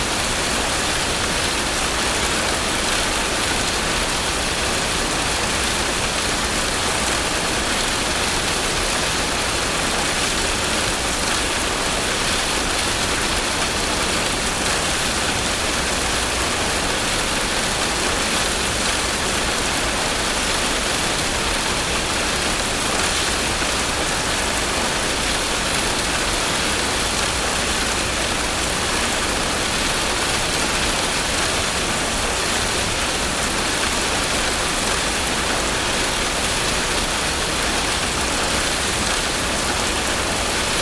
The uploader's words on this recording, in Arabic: أمطار الربيع على الطريق الجبلية بتقنية ASMR. تلتقط هذه التسجيلات الصوتية بتقنية ASMR التفاعل الانسجامي بين المطر الربيعي الناعم والمستمر والطريق الجبلية الوعرة أسفله، محاكيةً سيمفونية من الضوضاء البيضاء الطبيعية مع الخرير اللطيف للمطر على نوافذ العربة.